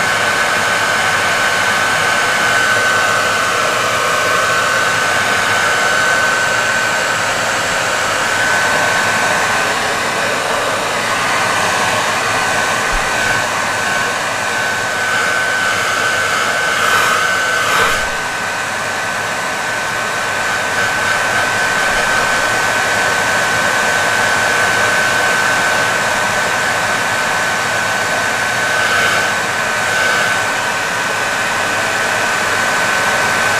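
A hair dryer blows steadily for the whole stretch, a dense, even rush of air with a thin high whine running through it. The level holds nearly constant, with a brief dip and a few small shifts around the middle, as if the dryer is moved.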